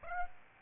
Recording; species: mosquito wingbeat signal from an infrared sensor; Aedes aegypti